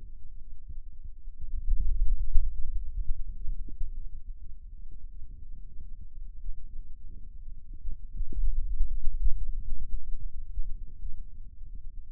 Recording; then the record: forearm muscle sounds (acoustic myography)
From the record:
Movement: pen grasping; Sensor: system 2, bracelet of six BSWA MPA416 microphones around the upper forearm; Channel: 3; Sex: male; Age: 22 years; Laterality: right